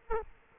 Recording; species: mosquito wingbeat signal from an infrared sensor; Aedes aegypti